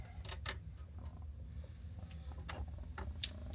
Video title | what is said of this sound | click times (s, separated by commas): CFMOTO U10 - RAVEK Speakeasy Turn Signal Kit Installation Walkthrough | Nice positive click out of it. | 3.2 s